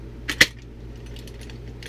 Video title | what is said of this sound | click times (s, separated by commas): Steve Hawk Collection, John Mistrot's thank you gift | you can see where it's flared there just snaps into place no problem | 0.4 s